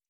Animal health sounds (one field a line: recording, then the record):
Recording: hydrophone in a shrimp aquaculture tank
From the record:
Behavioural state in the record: stressed